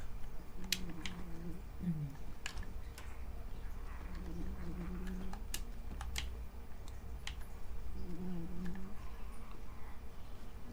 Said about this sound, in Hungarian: Itt előttem, nem tudom mennyire hallatszik, hogy így álmodik a cica.